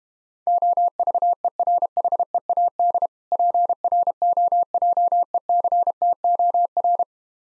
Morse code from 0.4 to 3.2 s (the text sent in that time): OVERHEAD